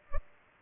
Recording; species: mosquito wingbeat signal from an infrared sensor; Culex pipiens